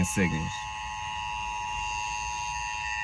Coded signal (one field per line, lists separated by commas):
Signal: Emergency Alert System (SAME) tones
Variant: 853 and 960 Hz attention tone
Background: speech